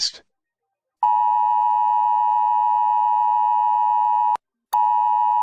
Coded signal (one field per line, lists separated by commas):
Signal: Emergency Alert System (SAME) tones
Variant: 853 and 960 Hz attention tone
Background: speech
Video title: eas alarm part 2